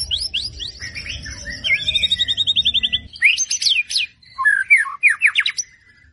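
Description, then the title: White-rumped shama song with quick whistled notes, a fast even trill, then sharp chips in short bursts. White-rumped shama singing prolifically (gacor), used as a lure to make other birds respond. "PANCINGAN MURAI BATU GACOR, LANGSUNG RESPON"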